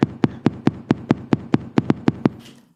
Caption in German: Wenn man Espresso getrunken hat geht es noch schneller. Das ist ein normaler Sinusrhythmus.